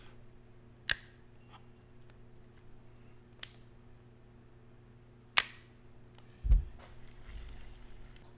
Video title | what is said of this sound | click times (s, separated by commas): #1 Best Fishing Reel Under $50 on Amazon – Pro Captain's Top Pick! | the bail has a nice click when you close it | 0.9 s, 5.4 s